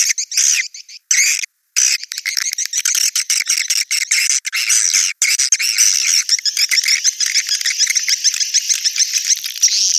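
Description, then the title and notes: Swiftlet calls, dense chirping and twittering with rapid repeated clicks, running almost continuously after a few brief breaks early on. Sound used in swiftlet farming in Asia. "Swiflet Bird Sound. Farming Swiflet Bird asia sound"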